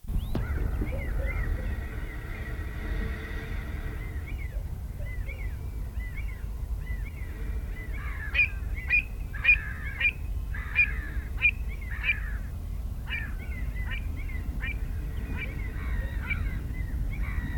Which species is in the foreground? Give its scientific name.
Recurvirostra avosetta